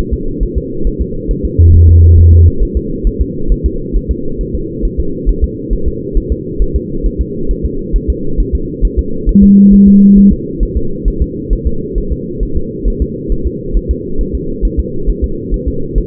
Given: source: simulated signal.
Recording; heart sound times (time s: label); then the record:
fetal heart sounds
0.13 s: S2
0.43 s: S1
0.58 s: S2
0.87 s: S1
1.02 s: S2
1.31 s: S1
1.45 s: S2
1.75 s: S1
1.89 s: S2
2.19 s: S1
2.33 s: S2
2.63 s: S1
2.77 s: S2
3.07 s: S1
3.21 s: S2
3.52 s: S1
3.66 s: S2
3.96 s: S1
4.11 s: S2
4.41 s: S1
4.55 s: S2
4.85 s: S1
5.00 s: S2
5.29 s: S1
5.44 s: S2
5.73 s: S1
5.88 s: S2
6.17 s: S1
6.32 s: S2
6.62 s: S1
6.76 s: S2
7.06 s: S1
7.21 s: S2
7.51 s: S1
7.66 s: S2
7.96 s: S1
8.10 s: S2
8.40 s: S1
8.55 s: S2
8.85 s: S1
8.99 s: S2
9.29 s: S1
9.44 s: S2
9.74 s: S1
9.88 s: S2
10.18 s: S1
10.33 s: S2
10.63 s: S1
10.77 s: S2
11.08 s: S1
11.22 s: S2
11.53 s: S1
11.67 s: S2
11.98 s: S1
12.12 s: S2
12.43 s: S1
12.57 s: S2
12.88 s: S1
13.02 s: S2
13.32 s: S1
13.47 s: S2
13.77 s: S1
13.91 s: S2
14.21 s: S1
14.35 s: S2
14.65 s: S1
14.80 s: S2
15.09 s: S1
15.24 s: S2
15.54 s: S1
15.68 s: S2
15.98 s: S1
From the record:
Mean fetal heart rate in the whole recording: 135 bpm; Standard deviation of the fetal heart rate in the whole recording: 3 bpm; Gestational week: 36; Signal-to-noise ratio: -8.1 dB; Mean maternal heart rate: 72 bpm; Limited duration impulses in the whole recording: present